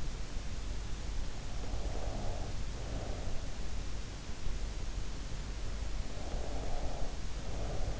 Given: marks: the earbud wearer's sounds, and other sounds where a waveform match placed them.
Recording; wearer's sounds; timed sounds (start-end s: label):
sounds in sleep by an in-ear microphone; breath
1.66-3.55 s: breath
6.00-8.00 s: breath